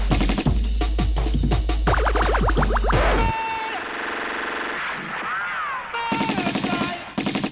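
Rapid bursts of gunshot sound effects in a jungle music track crackle over a deep bass rumble, broken by a stretch of sustained whistling and rising tones before another volley of sharp shots returns near the end.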